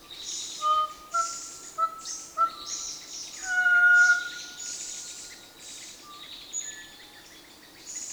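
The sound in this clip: Kōkako song: slow, pure organ-like whistled notes held level, some long and drawn out, over a high chorus of other birds or insects.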